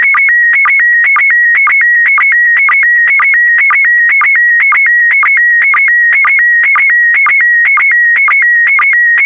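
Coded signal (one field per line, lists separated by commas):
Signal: SSTV (slow-scan television)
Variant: PD120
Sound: warbling high tone shifting between pitches, with a short low blip about twice a second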